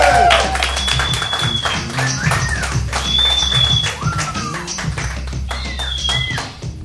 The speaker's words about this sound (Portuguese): Palmas pros meninos! Aê!